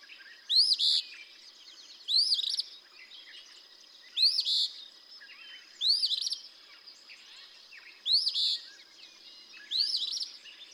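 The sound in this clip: Eastern phoebe song: a rising, sharply hooked note running into a harsh buzzy burst, repeated several times over a thin steady high whine.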